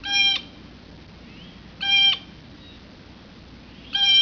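Bird calls: three short, nasal, harmonic-rich notes, each under half a second and spaced about two seconds apart, with faint thin whistles in between.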